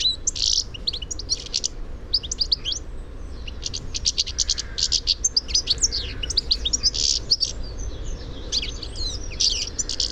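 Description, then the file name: European goldfinch chattering in a fast, almost continuous stream of high tinkling and buzzy notes with brief pauses, against a constant low rumble of background noise. "Carduelis carduelis"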